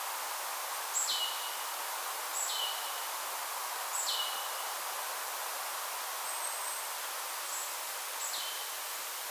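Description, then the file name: Marsh tit call notes: a sharp high note sliding down to a flat lower tone, heard several times, the later ones fainter, against constant background hiss. "Poecile palustris"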